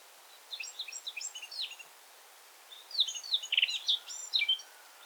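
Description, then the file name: Eurasian blackcap song, two quiet phrases of rapid twittering warble over a steady hiss of background noise. "Sylvia atricapilla"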